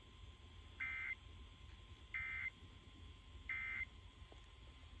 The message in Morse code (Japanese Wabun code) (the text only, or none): none